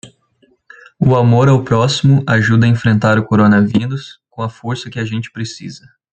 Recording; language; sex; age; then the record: spoken sentence; Brazilian Portuguese; male; 20 to 29 years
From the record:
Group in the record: control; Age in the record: 22 years